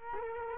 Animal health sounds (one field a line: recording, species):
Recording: mosquito wingbeat signal from an infrared sensor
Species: Culex quinquefasciatus